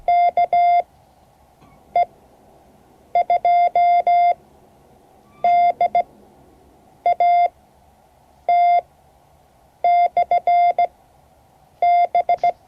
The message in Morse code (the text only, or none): KE2DAT/B